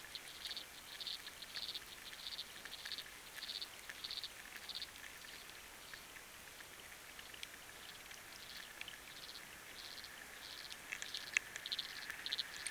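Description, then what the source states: Frogs calling in short repeated pulsed bursts, a rhythmic series through the first half, with steady hiss and scattered patter of rain throughout. Recorded underwater with a hydrophone; rain and wind also present.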